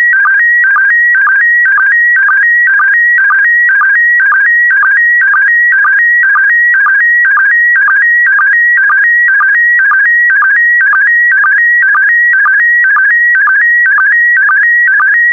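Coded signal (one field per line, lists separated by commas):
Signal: SSTV (slow-scan television)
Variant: PD120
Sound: warbling tone shifting in pitch, with short low sync chirps about twice a second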